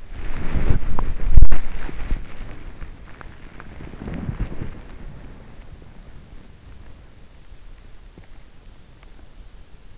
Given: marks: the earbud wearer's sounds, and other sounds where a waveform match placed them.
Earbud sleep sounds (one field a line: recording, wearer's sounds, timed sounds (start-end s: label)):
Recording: sounds in sleep by an in-ear microphone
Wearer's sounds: body movement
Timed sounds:
0.00-5.12 s: body movement